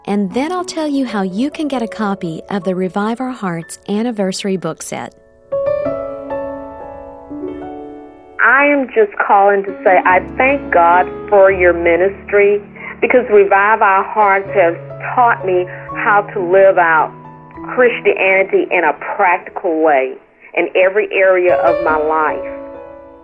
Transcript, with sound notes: and then I’ll tell you how you can get a copy of the Revive Our Hearts Anniversary Book Set.
(phone calls) I am just calling to say I thank God for your ministry because Revive Our Hearts has taught me how to live out Christianity in a practical way in every area of my life.